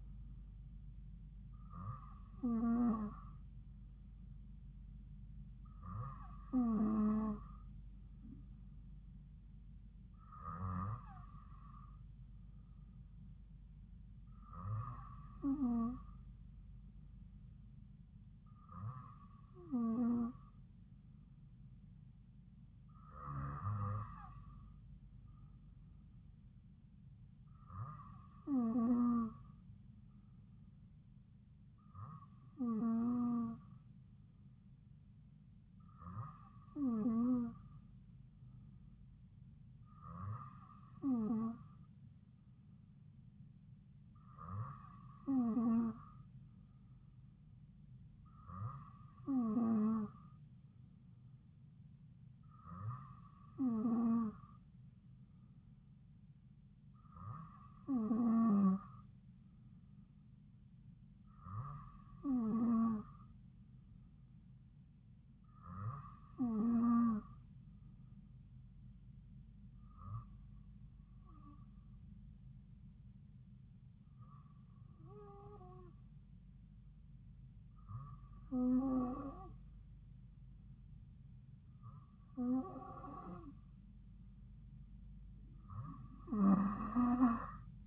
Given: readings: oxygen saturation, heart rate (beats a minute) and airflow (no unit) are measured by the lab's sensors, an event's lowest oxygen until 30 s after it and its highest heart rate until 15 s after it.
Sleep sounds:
breathing in sleep by a smartphone at the bedside; none
none scored
From the record:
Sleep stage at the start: N2 (light sleep); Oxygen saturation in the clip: 93 to 94%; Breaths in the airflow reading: 21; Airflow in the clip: -2.7 to 3.1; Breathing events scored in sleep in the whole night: 270 in 6.1 hours asleep

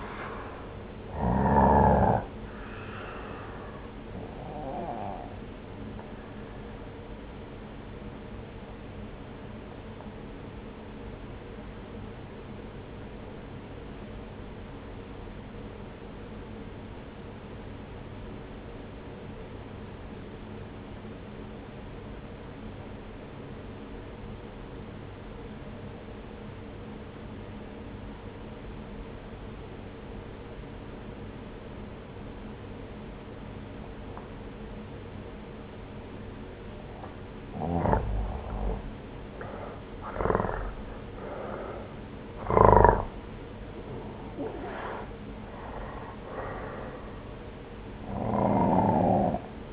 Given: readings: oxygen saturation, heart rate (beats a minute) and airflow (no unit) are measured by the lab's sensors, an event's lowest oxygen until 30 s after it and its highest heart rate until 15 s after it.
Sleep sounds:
breathing in sleep by a voice recorder at the bedside; 1
10.00-39.60 s: obstructive apnea (N1, oxygen 95% highest, then 86% lowest)
From the record:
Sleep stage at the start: N1 (lightest sleep); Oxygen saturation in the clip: 86 to 95%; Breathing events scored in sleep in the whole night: 303 in 8.1 hours asleep

